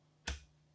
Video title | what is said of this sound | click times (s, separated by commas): This is in a league of its own! | little bit more of an audible click. | 0.3 s